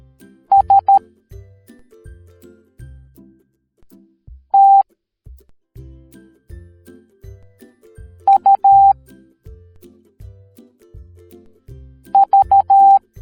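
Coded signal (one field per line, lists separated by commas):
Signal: Morse code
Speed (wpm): 13 wpm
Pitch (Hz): 790 Hz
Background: music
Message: S T U V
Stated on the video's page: Morse code alphabet lesson for kids.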